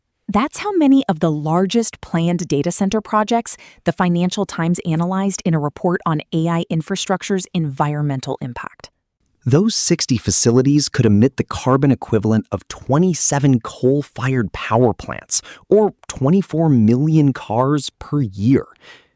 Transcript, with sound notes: That’s how many of the largest planned data center projects the Financial Times analyzed in a report on AI infrastructure’s environmental impact.
[thoughtful] Those 60 facilities could emit the carbon equivalent of 27 coal-fired power plants, or 24 million cars, per year.